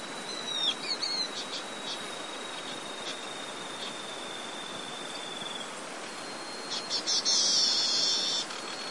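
Golden parrotbill call, a high buzzy trill near the end, after scattered short high notes and a thin steady tone, with constant hiss behind.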